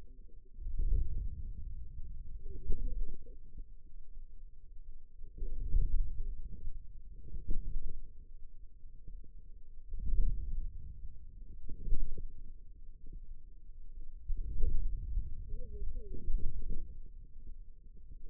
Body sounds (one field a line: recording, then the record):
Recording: forearm muscle sounds (acoustic myography)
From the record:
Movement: inward rotation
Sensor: system 2, bracelet of six BSWA MPA416 microphones around the upper forearm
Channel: 3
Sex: female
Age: 21 years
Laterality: right